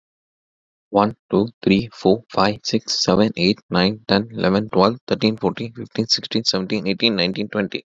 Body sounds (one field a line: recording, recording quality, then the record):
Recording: counting at a fast pace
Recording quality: excellent, no background noise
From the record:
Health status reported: COVID-19 positive, mild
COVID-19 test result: positive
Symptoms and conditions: cold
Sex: male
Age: 26 years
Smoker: not ticked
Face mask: not worn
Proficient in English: yes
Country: India